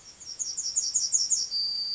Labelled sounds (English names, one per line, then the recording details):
Yellowhammer song
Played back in grassland
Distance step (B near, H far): C
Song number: 042